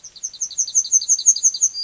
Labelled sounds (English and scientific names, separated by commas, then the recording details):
Yellowhammer (Emberiza citrinella) song
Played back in forest
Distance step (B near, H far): C
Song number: 007